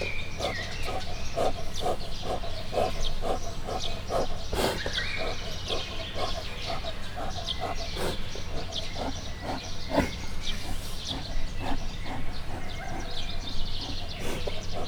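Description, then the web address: Brown bear snuffling breaths, a quick series of harsh, noisy puffs. Brown bear at Miskolc Zoo, 2018, breathing, heard from above. "miskolcizoo 2018 professzionalis barna medve"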